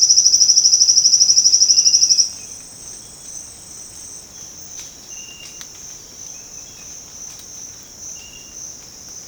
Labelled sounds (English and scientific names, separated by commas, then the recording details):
none
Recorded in secondary vegetation near Puerto Asís, Putumayo, Colombia, on 8 March 2025 at 07:00
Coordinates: 0.485, -76.322
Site G040